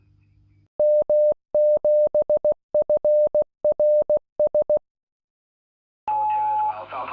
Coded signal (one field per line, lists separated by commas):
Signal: Morse code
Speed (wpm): 18 wpm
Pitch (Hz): 590 Hz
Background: speech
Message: M7FRS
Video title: Realistic DX 302 HF Shortwave Receiver